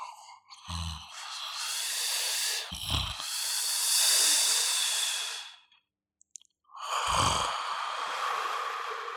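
An adult snoring in sleep: long, breathy, hissing breaths with brief low snorting bursts at the start of some breaths, and a short silent pause between breaths.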